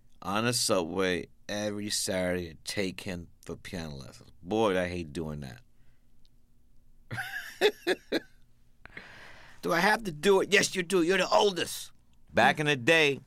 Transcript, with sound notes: on the subway every Saturday to take him for piano lessons. Boy, did I hate doing that. (Laughter) Do I have to do it? Yes, you do. You're the oldest. Back in the day,